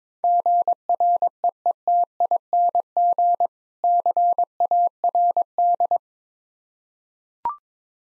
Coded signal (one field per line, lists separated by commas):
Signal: Morse code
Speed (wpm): 22 wpm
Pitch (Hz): 700 Hz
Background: none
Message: GREETING CARD